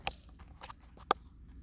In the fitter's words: can snap into place